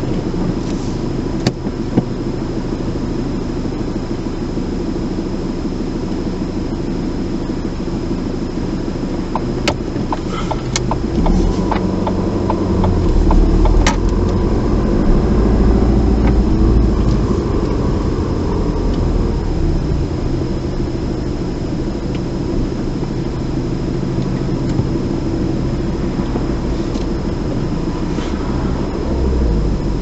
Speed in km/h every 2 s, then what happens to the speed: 0, 0, 0, 0, 0, 3, 10, 8, 11, 6, 0, 0, 0, 0, 0.
0-9 standing. 9-14 pulls away to 8. 14-20 slows to 0. 20-30 standing.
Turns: none.